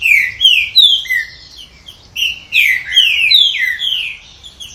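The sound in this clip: Green-winged saltator singing two fast phrases of loud, slurred, falling whistles with a short break between them.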